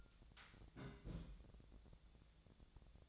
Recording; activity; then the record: daily activity, microphone in the room; place on stove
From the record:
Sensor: 3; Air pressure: 999.9 hPa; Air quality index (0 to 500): 126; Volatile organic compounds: 2 ppm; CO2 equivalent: 1131 ppm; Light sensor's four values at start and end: 44/110/47/52 and 43/109/47/52